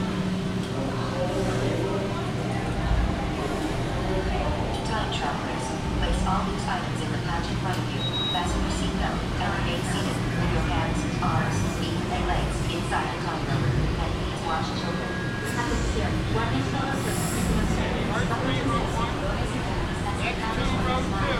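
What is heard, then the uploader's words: A walk through Animal Kingdom, with steady crowd chatter and voices overlapping throughout. A constant low rumble like a passing vehicle or ride runs underneath, and brief brighter clatters and tones pop up every few seconds, including a sharp high sound around seventeen seconds. Walk in Animal Kingdom.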